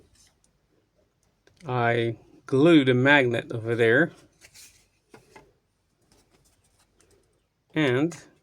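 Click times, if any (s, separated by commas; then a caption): none. Someone talks while handling a small cover part for a Unimat mini lathe, held by a magnet glued to it, with only faint handling taps between the words. The part has not yet been pushed onto the machine, and nothing has seated or clicked yet.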